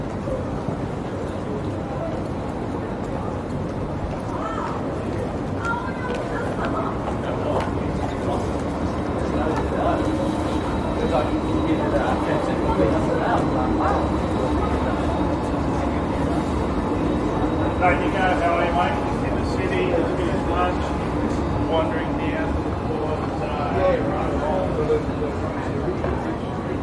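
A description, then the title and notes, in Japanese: Street noise at Town Hall in Sydney, a steady, dense roar of traffic and crowd that barely changes in level across the clip. Voices talk throughout, blurred into a constant murmur, with a faint high whine running across the middle and a few brighter, clattering sounds near the end. シドニー市内 Townhall の騒音。そのメインストリートのGeorge street にて行き交う人々を眺めながらゆっくり過ごします。忙しく行き来する人の声 TRAMの行き交う音 ランチをする女性の会話。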